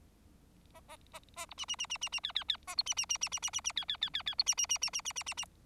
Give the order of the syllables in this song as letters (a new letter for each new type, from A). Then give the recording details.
A A A A B C C C C C C D D D A B C C C C C C C C D D D D D B C C C C C C C C C. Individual Bird4